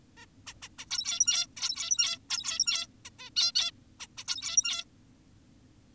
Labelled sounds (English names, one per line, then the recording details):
Zebra Finch
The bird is an adult
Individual g17y2U